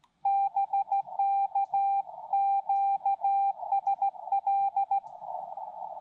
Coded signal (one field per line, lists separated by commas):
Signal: Morse code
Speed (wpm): 19 wpm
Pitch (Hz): 800 Hz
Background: none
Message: BK QSL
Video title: Xiegu X5105 – What Happened To Its Built-In CW Keyer?